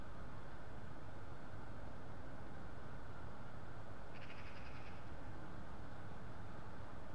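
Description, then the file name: Eurasian magpie giving one short rattling chatter, a quick run of harsh clicking notes lasting under a second, over a constant deep rumbling background noise. "Pica pica"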